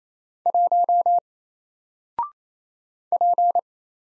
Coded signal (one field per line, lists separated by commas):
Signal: Morse code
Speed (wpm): 27 wpm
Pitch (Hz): 700 Hz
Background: none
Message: 1 P